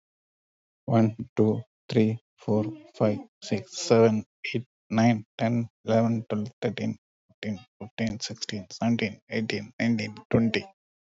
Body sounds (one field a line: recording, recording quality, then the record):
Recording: counting at a normal pace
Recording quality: excellent, no background noise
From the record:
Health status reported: recovered from COVID-19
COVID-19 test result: negative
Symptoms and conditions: cough, cold, breathing difficulty, fever, hypertension, diabetes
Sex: male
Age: 53 years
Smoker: not ticked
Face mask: not worn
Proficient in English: yes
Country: India